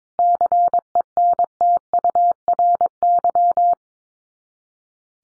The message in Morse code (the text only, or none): CENTURY